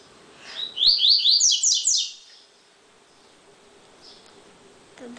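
Double-collared seedeater singing a fast, high phrase of repeated slurred notes, the later ones louder and downslurred, then quiet with faint notes.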